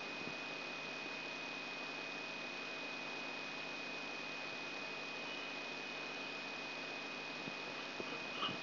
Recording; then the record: brain microelectrode recording played as sound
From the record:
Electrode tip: inside the subthalamic nucleus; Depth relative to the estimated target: 2 mm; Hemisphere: left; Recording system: AlphaMap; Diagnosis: Parkinson's disease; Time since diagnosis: 6 years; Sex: female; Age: 40 years